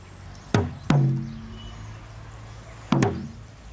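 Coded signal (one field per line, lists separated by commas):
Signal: talking drum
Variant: Akan atumpan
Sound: two pairs of deep drum strokes, each ringing with a falling pitch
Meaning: Calls the presenter Gus by name and asks him to come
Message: Gus come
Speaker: do Gus again please do Gus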